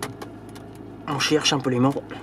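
An iPhone in a magnetic case is brought up to a Belkin Car Vent Mount Pro MagSafe magnetic air-vent mount inside a car and snaps onto it with a sharp click at 0.0 s, followed by a fainter tap. Someone then talks as the phone stays seated on the mount, holding on its own once let go.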